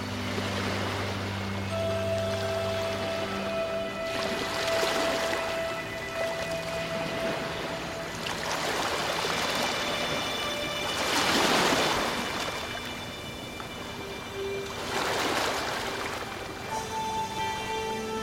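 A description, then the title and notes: Waves wash onto a beach in regular surges, cresting near 5, 10, 11.5 and 15 seconds, while soft sustained music tones drift underneath. Calming Beach Waves On A Tropical Island With Relaxing Music. Each wave crashes against the sandy shore with a melodic cadence. The soothing music weaves its enchanting melodies, effortlessly blending with the natural orchestra of the sea.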